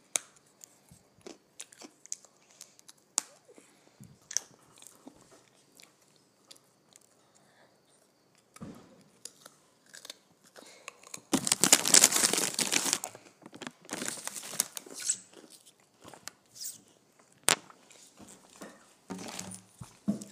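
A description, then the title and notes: Someone crunching on potato chips, with sharp bites and scattered crackles. The first half is sparse and quiet, with isolated snaps. Around eleven seconds a dense, loud burst of crunching takes over for a few seconds, then settles into irregular chewing and occasional crisp cracks. Crunching on Potato Chips.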